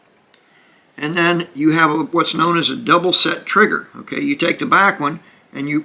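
The steel rolling breech block of an antique 1867 Remington rolling-block rifle is rolled closed on a cartridge loaded into the chamber, giving a short, quiet click at 0.3 s as the block shuts and seats. Someone then talks for the rest of the clip.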